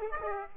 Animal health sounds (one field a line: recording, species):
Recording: mosquito wingbeat signal from an infrared sensor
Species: Aedes aegypti